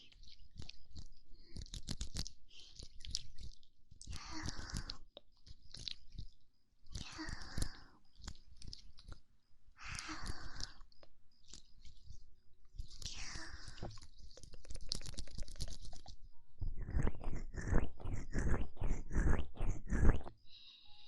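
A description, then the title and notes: Wet, sticky ear-eating mouth sounds come in clusters every couple of seconds, with crisp clicks and smacks, growing denser and louder near the end. ASMR Ear Eating Instant Tingles.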